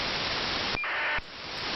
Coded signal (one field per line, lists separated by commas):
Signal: ACARS aircraft data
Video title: RTL-SDR V4 - 500kHz to 1.7GHz Radio for Only $50